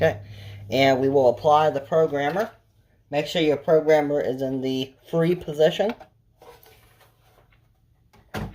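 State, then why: Not seated. A programmer unit is being applied to a Bosch/Radionics 4012/8012 alarm control panel with its tab in the free position while someone talks. After the talking, faint handling sounds follow, with brief sharp sounds near 6.6 s and 8.5 s. The programmer has not clicked into place yet.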